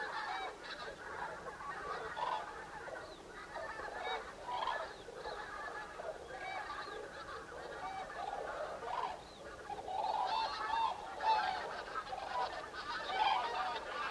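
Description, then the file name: Common cranes calling in a busy flock, a blurred mass of trumpeting notes growing fuller and louder toward the end. Recorded 5 November 2018. "2018 11 05 zurawie"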